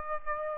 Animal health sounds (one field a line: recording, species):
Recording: mosquito wingbeat signal from an infrared sensor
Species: Aedes aegypti